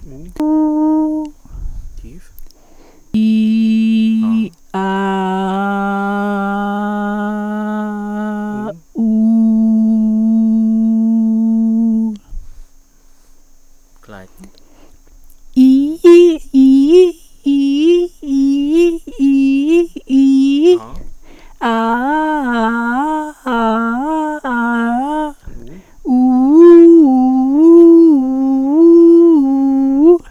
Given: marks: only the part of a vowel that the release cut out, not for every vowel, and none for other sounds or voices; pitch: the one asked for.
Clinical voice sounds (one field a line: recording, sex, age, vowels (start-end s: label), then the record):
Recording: sustained vowels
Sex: female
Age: 70 to 79 years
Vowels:
0.47-1.16 s: vowel /u/, high pitch
3.37-4.09 s: vowel /i/, low pitch
5.62-7.52 s: vowel /a/, low pitch
9.58-11.55 s: vowel /u/, low pitch
17.55-18.62 s: vowel /i/, low-high-low pitch
21.73-22.89 s: vowel /a/, low-high-low pitch
28.33-29.83 s: vowel /u/, low-high-low pitch
From the record:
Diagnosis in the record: healthy voice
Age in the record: 73 years